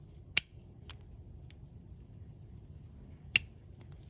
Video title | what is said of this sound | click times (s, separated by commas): For the love of a Notchback - COVID edition | all right there's the two clicks so it's fully closed now | 0.4 s, 3.4 s